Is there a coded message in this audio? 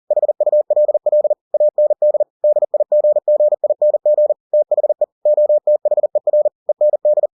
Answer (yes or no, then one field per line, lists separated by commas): yes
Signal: Morse code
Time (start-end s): 0.1-7.3 s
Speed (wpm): 40 wpm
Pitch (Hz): 600 Hz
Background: none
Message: HULL AND DIGGING THE OTHER END